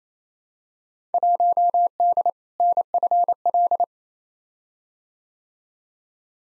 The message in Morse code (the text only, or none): 1D NFL